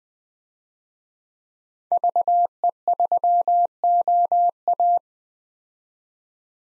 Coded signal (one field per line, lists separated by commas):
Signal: Morse code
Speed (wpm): 20 wpm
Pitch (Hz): 700 Hz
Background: none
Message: VE3OA